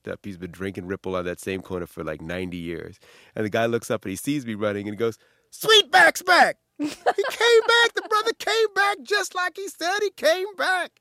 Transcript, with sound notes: He's been drinking Ripple on that same quarter for, like, 90 years. And the guy looks up. And he sees me running. And he goes, Sweetback's back.
(Laughter).
He came back. The brother came back just like he said he came back.